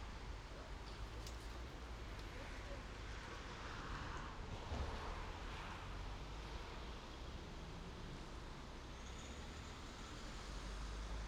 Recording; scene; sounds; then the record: everyday scene through a hearing-aid microphone; in traffic; traffic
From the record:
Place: main road on the outskirts, rush hour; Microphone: in the ear canal, left